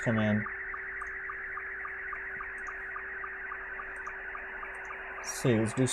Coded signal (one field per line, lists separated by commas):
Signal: SSTV (slow-scan television)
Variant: Scottie 2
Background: speech